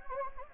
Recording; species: mosquito wingbeat signal from an infrared sensor; Anopheles gambiae